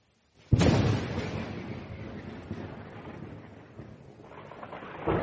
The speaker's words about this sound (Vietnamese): Tiếng vang dữ dội như vô số thiên lôi quanh quẩn, trực tiếp làm cho thiên địa chấn động.